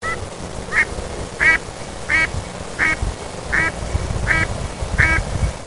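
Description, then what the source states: Mallard quacks eight times, harsh nasal quacks spaced evenly about every three-quarters of a second over a low rumbling background. A duck call.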